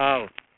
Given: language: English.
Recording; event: throat vibration sensor signal played as sound; speech